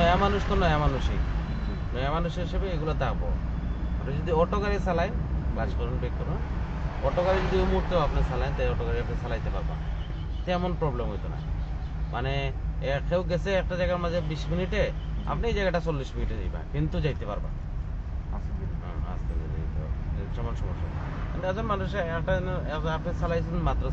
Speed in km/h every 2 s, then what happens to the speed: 24, 24, 24, 23, 26, 28, 25, 19, 15, 13, 12, 13.
0-10 steady at about 24. 10-15 slows to 15. 15-24 steady at about 13.